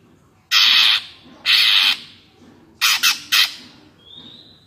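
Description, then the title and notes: Greater green leafbird song with two long harsh buzzy bursts about a second apart, three short rasps, then a faint thin whistle. Bird singing vigorously (gacor) in ngentrok style with crest raised, described as melodious; recording meant as a master track for training captive greater green leafbirds. "Cucak Ijo Gacor Ngentrok Jambul Nembak. suara burung cucak ijo gacor, merdu cocok buat masteran burung cucak ijo"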